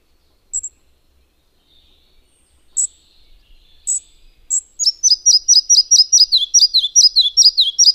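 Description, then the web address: Red-breasted flycatcher singing, with four sharp high pips spaced out before a rapid series of clear repeated notes that slide downward in pitch as the phrase goes on. "agykontroll Madardalok Cd 1. Kis légykapó"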